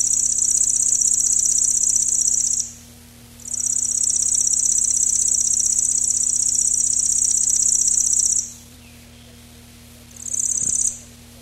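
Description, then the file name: Lanceolated warbler delivers long bursts of a shrill, rapid cricket-like reel separated by short pauses, the final burst brief. "Llanciolata"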